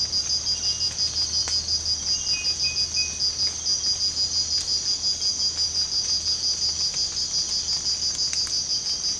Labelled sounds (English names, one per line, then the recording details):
none
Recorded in secondary vegetation near Puerto Asís, Putumayo, Colombia, on 19 March 2025 at 05:00
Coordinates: 0.485, -76.322
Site G040